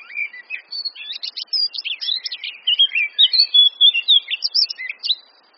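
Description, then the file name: Eurasian blackcap giving a varied warbling song: brisk scratchy twitters leading into loud, clear fluty whistles, ending abruptly. "Sylvia atricapilla"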